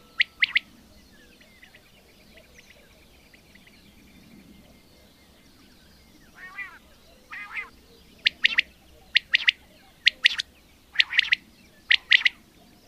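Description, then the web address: Common quail giving rapid three-note phrases in a steady series, after an opening phrase, a quiet stretch and soft lower harsh notes. "agykontroll Madardalok Cd 2. Fürj"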